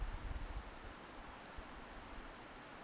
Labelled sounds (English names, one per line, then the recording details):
Eurasian Woodcock whistle
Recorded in Baden-Württemberg, Germany, on 30 May 2021 at 20:02 UTC
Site 43323, 910 m above sea level